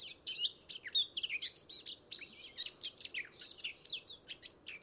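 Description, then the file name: Eurasian blackcap pouring out a fast, continuous warble of chattering high notes and twittery trills, the phrases tumbling together without a break over soft background noise. "Sylvia atricapilla"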